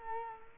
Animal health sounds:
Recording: mosquito wingbeat signal from an infrared sensor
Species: Culex quinquefasciatus

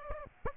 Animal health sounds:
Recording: mosquito wingbeat signal from an infrared sensor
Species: Aedes aegypti

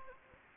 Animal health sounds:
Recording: mosquito wingbeat signal from an infrared sensor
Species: Anopheles gambiae

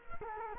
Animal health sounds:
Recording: mosquito wingbeat signal from an infrared sensor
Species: Culex quinquefasciatus

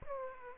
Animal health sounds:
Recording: mosquito wingbeat signal from an infrared sensor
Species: Aedes aegypti

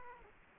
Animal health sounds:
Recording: mosquito wingbeat signal from an infrared sensor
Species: Aedes aegypti

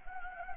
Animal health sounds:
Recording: mosquito wingbeat signal from an infrared sensor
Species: Anopheles gambiae

